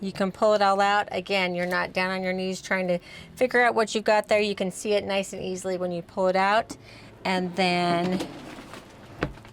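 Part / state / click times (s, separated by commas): pull-out pantry drawer latch in RV cabinet / seated / 9.2 s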